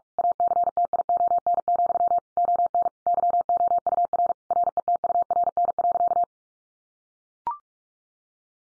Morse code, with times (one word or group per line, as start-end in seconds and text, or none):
0.2-2.2 ACTION,
2.4-2.9 ON
3.1-4.3 YOUR
4.5-6.2 RETURN.